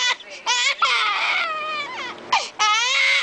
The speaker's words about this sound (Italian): È efficace. Nel sentire il bambino che piange, il sangue affluisce al seno della mamma, che prova l'impulso di prenderlo in braccio e di nutrirlo.